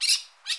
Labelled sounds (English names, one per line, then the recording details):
Brown-throated Parakeet contact call
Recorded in Curacao
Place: Hoffi Jan Thiel
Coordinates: 12.094, -68.877